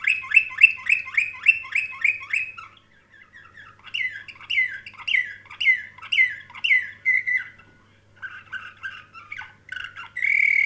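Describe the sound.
Canary singing a fast trill, a pause, a slower series of repeated swooping notes, then scattered chirps and a long sustained note at the end.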